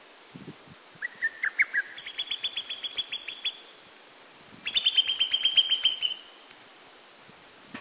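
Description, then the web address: Bird song in rapid bursts: a chirpy phrase, then a long fast series of sharp, evenly repeated high notes, a pause, and another loud quick trill. Bird singing at dawn. "yoake. bird singing"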